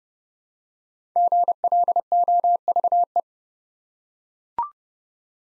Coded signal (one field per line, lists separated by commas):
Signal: Morse code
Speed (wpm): 30 wpm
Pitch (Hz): 700 Hz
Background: none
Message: GLOVE